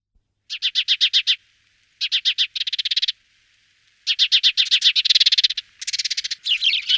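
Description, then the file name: Sparrow chirping in several bursts of rapid, evenly spaced notes, with short silent gaps between bursts. "vrabec-pokřovní"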